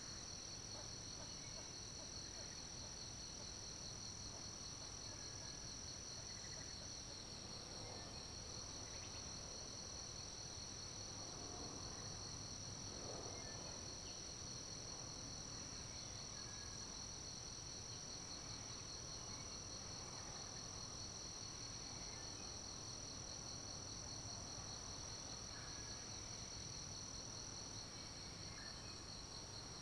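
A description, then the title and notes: Recorded from atop a fallen tree, a steady, unbroken insect drone holds a high, thin pitch for the full thirty seconds, likely crickets. Beneath it runs a low, rough rumble, with faint scattered ticks and rustles that never rise above the chorus. Recording from the top of a fallen tree.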